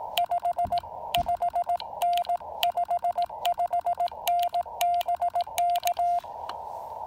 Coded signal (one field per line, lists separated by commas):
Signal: Morse code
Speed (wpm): 18 wpm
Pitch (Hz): 700 Hz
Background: none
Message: 55N 55N BK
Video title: POTA Field Report: Pairing the FT-817ND with the EFT Trail-Friendly antenna at Lake Norman